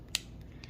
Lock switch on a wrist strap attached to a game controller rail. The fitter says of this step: and you can hear that click into place as well um so that's how you install the joy-con straps onto the joy-con remote controllers